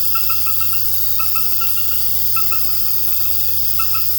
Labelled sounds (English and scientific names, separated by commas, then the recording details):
none
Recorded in pastures near Puerto Asís, Putumayo, Colombia, on 12 March 2025 at 20:00
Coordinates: 0.466, -76.322
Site CSA-02